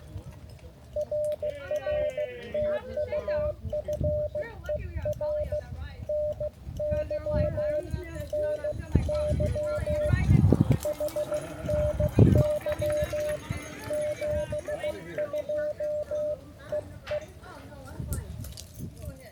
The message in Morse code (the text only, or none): RR TU FER NY NY HNY 72 EE